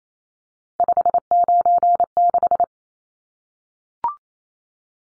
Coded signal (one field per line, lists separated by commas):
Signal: Morse code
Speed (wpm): 28 wpm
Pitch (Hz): 700 Hz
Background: none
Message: 596